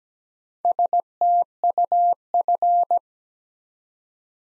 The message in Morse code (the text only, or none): STUF